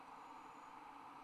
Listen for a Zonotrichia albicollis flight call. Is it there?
no